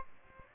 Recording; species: mosquito wingbeat signal from an infrared sensor; Aedes albopictus